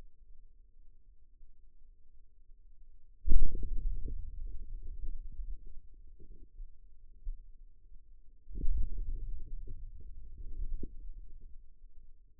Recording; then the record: forearm muscle sounds (acoustic myography)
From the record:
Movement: hand opening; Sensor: system 2, bracelet of six BSWA MPA416 microphones around the upper forearm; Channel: 5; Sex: male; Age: 22 years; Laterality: right